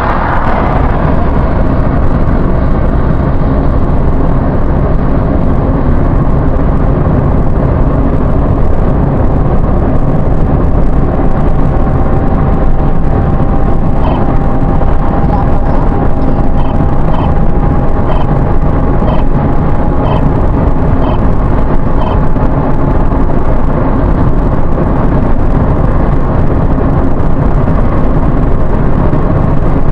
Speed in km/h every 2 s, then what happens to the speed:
70, 72, 74, 75, 77, 79, 81, 83, 83, 85, 87, 90, 92, 94, 96.
0-30 speeds up to 96.